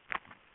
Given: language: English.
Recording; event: throat vibration sensor signal played as sound; swallow